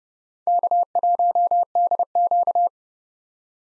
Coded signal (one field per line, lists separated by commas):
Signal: Morse code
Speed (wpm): 32 wpm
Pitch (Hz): 700 Hz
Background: none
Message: K1DQ